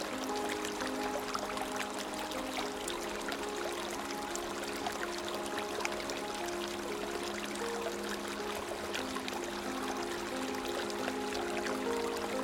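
Water flows steadily in a creek, a dense, even wash of bright splashing and trickling that never lets up. Underneath, soft music holds long sustained tones in the middle range, shifting slowly from note to note across the whole stretch.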